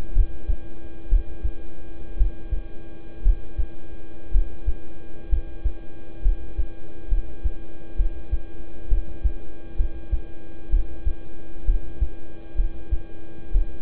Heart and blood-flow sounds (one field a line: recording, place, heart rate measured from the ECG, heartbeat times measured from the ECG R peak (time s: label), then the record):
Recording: heart sounds by stethoscope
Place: between the tricuspid and mitral areas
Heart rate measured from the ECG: 63 bpm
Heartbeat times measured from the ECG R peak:
0.13 s: heartbeat
1.09 s: heartbeat
2.17 s: heartbeat
3.23 s: heartbeat
4.31 s: heartbeat
5.29 s: heartbeat
6.22 s: heartbeat
7.08 s: heartbeat
7.96 s: heartbeat
8.88 s: heartbeat
9.76 s: heartbeat
10.70 s: heartbeat
11.65 s: heartbeat
12.56 s: heartbeat
13.51 s: heartbeat
From the record:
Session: rest, lying down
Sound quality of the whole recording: good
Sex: male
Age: 26 years